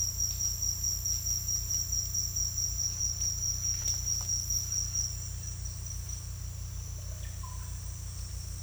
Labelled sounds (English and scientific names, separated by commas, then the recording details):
none
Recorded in secondary vegetation near Puerto Asís, Putumayo, Colombia, on 18 December 2024 at 08:00
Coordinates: 0.484, -76.319
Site GP06